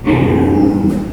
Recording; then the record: squeal of a Yucatan mini pig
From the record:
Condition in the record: before surgery on the right vocal fold (resection and tissue-engineered implant); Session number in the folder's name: 1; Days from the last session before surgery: -3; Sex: male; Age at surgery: 12 weeks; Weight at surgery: 13 kg